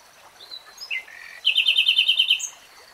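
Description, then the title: Nightingale song: quiet scratchy notes, then a loud, rapid run of repeated chattering notes lasting about a second. Real-time recording of a nightingale singing. "[Tiếng chim hót] 3 Hours REALTIME Nightingale Singing"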